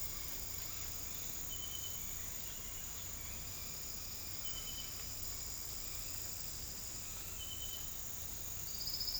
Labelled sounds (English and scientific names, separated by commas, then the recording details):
none
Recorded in pastures near Puerto Asís, Putumayo, Colombia, on 8 March 2025 at 08:00
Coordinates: 0.472, -76.329
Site G074